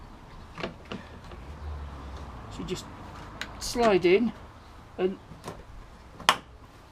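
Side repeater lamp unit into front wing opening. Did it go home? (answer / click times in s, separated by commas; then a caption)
yes / 6.3 s. A clear side repeater light unit with its bulb holder, fitted as an upgrade on a 1995 BMW E36 318i, is slid into the opening in the front wing while someone talks, with a few soft knocks as it goes in. It is pushed until it clips home with a sharp, loud click at 6.3 s, and it sits seated in the wing.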